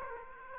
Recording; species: mosquito wingbeat signal from an infrared sensor; Aedes aegypti